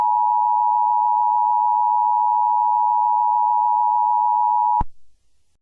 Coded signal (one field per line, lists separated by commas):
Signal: Emergency Alert System (SAME) tones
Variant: 853 and 960 Hz attention tone